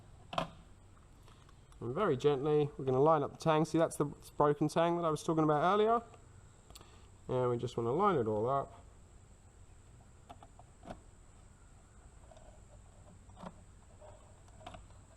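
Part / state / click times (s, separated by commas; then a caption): gauge into carbon fiber gauge housing / not seated / none. A gauge, which has one broken tang, is gently lined up by its tangs with a carbon fiber gauge housing before being pushed in. Someone talks over a few faint handling taps and clicks. Nothing has seated or clicked into place yet.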